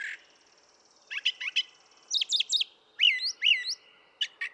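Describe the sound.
Brown thrasher song: short groups of sharp chirped notes, then a pair of slurred whistled phrases, with short gaps between them.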